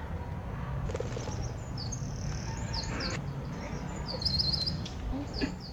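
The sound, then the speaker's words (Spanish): A bird chirps in short, high repeated tweets over a steady low rumble of background noise, with a few brighter trilling bursts toward the end. “Es un pájaro, papá, es un pájaro.”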